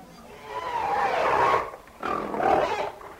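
A piglet squeals and grunts in two loud, rough bursts separated by a brief pause, the calls harsh and mid-pitched with no talking over them.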